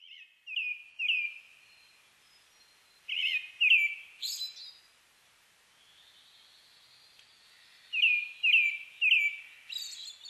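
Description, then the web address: Brown-headed thrush singing phrases of three whistled notes ending in a higher note, with a faint long whistle in the quiet gap. Recorded on 29 May 2004. "2004 040529 akahara"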